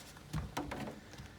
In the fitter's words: voyez claque